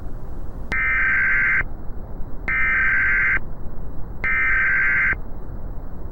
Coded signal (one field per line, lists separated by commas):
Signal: Emergency Alert System (SAME) tones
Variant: header bursts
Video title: NUMBERS ARE SAFE - EAS Analog Horror